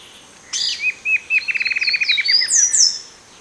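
Bird giving two sharp chirps, then a rapid rattling trill of evenly repeated notes, ending with two high down-slurred whistles.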